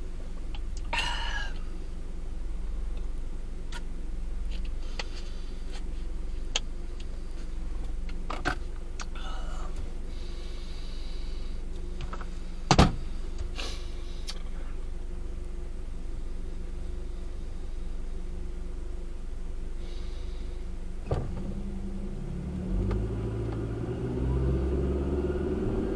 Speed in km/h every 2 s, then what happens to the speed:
0, 0, 0, 0, 0, 0, 0, 0, 0, 0, 0, 0, 21.
0-22 standing. 22-26 pulls away to 21.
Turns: none.